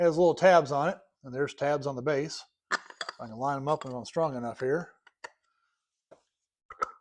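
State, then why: Seated. Someone talks while lining up the tabs on a diesel fuel filter with the tabs on a Stanadyne FM100 fuel filter base and pushing the filter in by hand. After a few faint taps, two sharp clicks at 6.7 s and 6.8 s mark the filter popping into the base, and it is seated.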